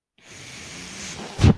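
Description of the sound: Steady airy hiss of a home mechanical ventilator delivering a breath, ending in a brief low thump.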